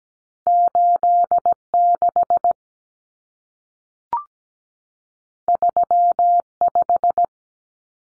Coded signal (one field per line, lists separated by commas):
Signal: Morse code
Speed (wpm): 17 wpm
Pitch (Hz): 700 Hz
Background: none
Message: 86 35